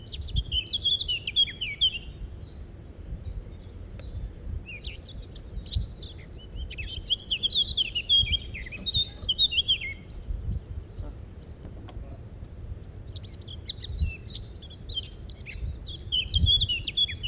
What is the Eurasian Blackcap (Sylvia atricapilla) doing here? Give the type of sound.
song